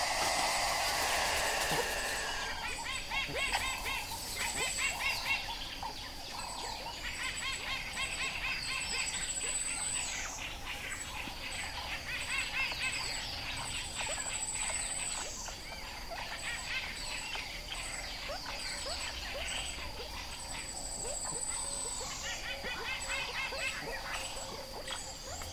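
An unidentified creature calls repeatedly at dawn amid a dense chorus of chirping birds and insects, with a high whistle recurring every few seconds.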